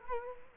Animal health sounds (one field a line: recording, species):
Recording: mosquito wingbeat signal from an infrared sensor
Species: Culex quinquefasciatus